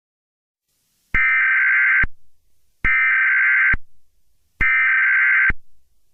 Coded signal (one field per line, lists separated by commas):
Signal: Emergency Alert System (SAME) tones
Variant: header bursts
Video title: EAS Scenario: Storm of the Century